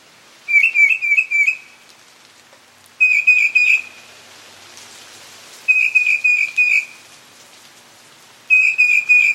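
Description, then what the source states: Mockingbird song, rapid bursts of high trilled whistles repeated in four separate runs, each lasting about a second. Male.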